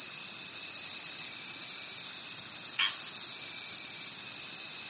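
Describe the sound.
Cricket keeps up a constant high-pitched trill, with a single quick lower chirp past the midpoint.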